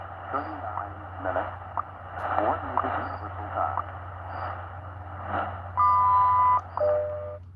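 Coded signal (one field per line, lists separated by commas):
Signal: radio time signal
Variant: WWV and WWVH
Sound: male and female voice announcements, a steady beep, then a lower steady tone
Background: radio static, mains hum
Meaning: The 0.8 s 1000/1200 Hz tone marks the start of a new minute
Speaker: so we got uh WWV and wwvh wwvh is the female voice and that's from uh Kawaii Hawaii and WWV is uh Fort Collins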